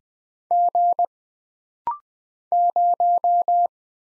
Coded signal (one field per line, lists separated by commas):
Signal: Morse code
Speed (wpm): 20 wpm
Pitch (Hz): 700 Hz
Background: none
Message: G 0